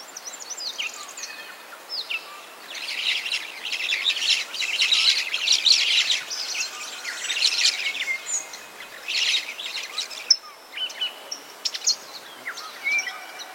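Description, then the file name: Maroon-bellied parakeet chattering: dense bursts of harsh, high calls with brief quieter gaps. "canto da tiriba de testa vermelha"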